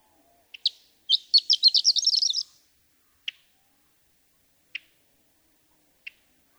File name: Horned Lark